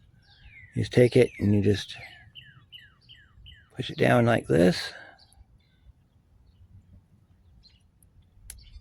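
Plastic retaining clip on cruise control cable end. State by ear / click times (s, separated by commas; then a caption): seated / 8.5 s. On a 2002 Pontiac Grand Am, a plastic retaining clip is pushed down onto the cruise control cable end at the bracket while someone talks. A series of short chirps follows. A sharp click at 8.5 s marks the clip locking into place.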